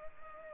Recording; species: mosquito wingbeat signal from an infrared sensor; Culex pipiens